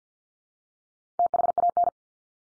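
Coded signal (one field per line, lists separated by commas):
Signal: Morse code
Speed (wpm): 50 wpm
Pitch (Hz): 700 Hz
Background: none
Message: THAN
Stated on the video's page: Morse head-copy drill of the 100 most common English words at 50 wpm, each word sent three times, then spoken, then sent again.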